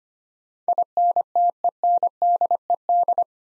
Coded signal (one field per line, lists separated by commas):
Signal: Morse code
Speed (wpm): 25 wpm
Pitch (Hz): 700 Hz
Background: none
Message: INTENDED